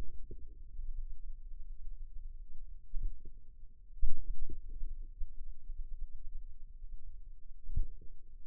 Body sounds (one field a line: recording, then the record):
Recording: forearm muscle sounds (acoustic myography)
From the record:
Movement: finger pinch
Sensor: system 2, bracelet of six BSWA MPA416 microphones around the upper forearm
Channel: 1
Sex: female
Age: 23 years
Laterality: right